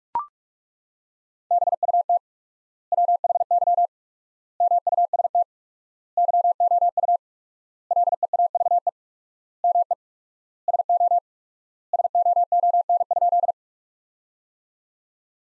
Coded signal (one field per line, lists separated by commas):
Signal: Morse code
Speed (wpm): 41 wpm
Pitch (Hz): 700 Hz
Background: none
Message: BUT WHY MUST YOU LEAVE ME SO SOON?